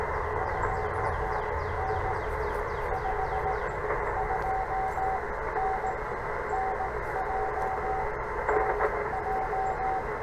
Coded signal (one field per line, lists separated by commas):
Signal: Morse code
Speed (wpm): 17 wpm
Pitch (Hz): 760 Hz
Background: none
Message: 2N 52N NJ NJ